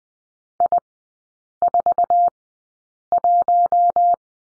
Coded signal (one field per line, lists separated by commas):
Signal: Morse code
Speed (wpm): 20 wpm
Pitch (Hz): 700 Hz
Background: none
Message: I41